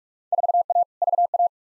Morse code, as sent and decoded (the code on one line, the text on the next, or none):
....- .- / ...- .-
4A VA